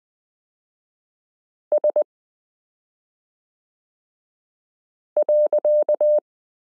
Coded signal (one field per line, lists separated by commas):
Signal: Morse code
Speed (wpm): 20 wpm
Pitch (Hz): 600 Hz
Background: none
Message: S.